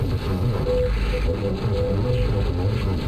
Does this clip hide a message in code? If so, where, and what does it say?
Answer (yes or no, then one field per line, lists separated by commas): no